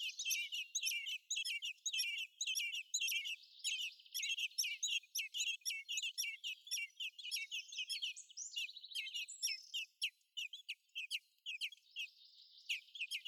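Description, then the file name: Eurasian blackbird calling in a long, busy chatter of sharp squeaky notes. "Turdus merula"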